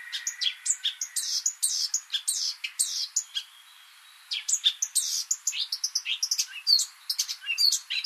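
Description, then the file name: Eurasian blackcap pouring out a rapid, jumbled warble of sharp chips and slurred whistles, with one short pause midway before the song resumes. "Sylvia atricapilla"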